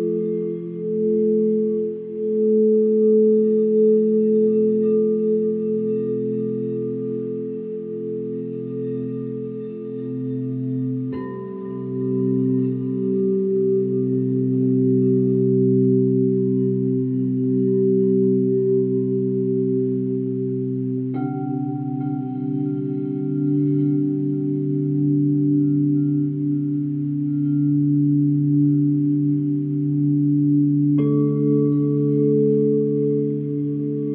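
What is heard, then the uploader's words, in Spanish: Quartz and crystal singing bowls hum in steady low overlapping tones, with new bowls struck around 11, 21 and 31 seconds. Cuencos de cuarzo y cristal.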